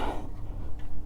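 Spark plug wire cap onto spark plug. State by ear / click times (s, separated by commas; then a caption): not seated / none. The rubber spark plug wire cap is being pushed onto the last new spark plug on the engine of a 2015 Honda Shadow Phantom motorcycle. Low, steady rumble and soft handling noises fill the clip. The clip ends before the cap goes home, so nothing has seated or clicked yet.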